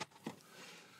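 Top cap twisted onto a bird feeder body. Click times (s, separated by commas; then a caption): 0.3 s. A plastic top cap is twisted sideways onto the body of a Dzees smart bird feeder with an HD camera. It clicks into its locked position at 0.3 s, followed by a softer tick and quiet handling noise.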